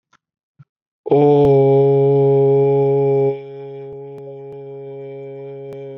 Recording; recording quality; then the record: sustained vowel as in boot; excellent, no background noise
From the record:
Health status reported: COVID-19 positive, moderate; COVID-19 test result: positive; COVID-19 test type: RT-PCR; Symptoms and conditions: cough, cold, sore throat, fever, fatigue, muscle pain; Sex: male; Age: 25 years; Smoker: no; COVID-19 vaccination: both doses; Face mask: not worn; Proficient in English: yes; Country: India